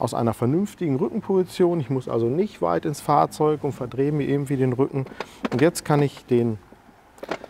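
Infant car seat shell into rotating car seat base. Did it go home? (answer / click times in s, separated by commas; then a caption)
yes / 7.3 s. Someone talks for most of the clip while a Mercedes-Benz Baby Safe A0009706802 infant car seat shell is rotated on its Mercedes-Benz Flex base A0009707302 rotating car seat base. Near the end, a few small sharp clicks sound, and the shell locks into place on the base at 7.3 s.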